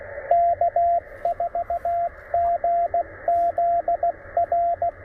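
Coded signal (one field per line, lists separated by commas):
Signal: Morse code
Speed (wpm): 18 wpm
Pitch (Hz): 690 Hz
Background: radio noise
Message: K4GZR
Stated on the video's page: QRP CW for a park (POTA) activation, TR-45L radio, MC-750 antenna, sent with a bug emulator and paddle.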